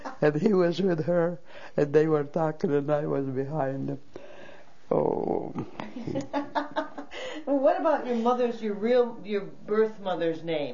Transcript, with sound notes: and he was with her, and they were talking, and I was behind them. Oh!
( she laughs ) What about your mother's, your real, your birth mother's name?